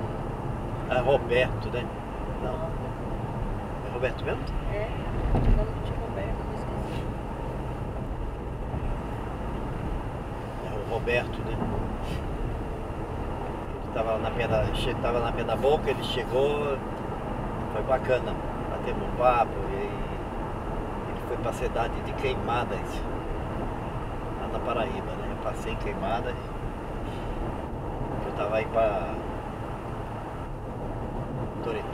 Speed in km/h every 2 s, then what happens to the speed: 84, 82, 83, 83, 84, 83, 86, 87, 87, 88, 89, 88, 86, 87, 85, 84.
0-32 steady at about 85.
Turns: none.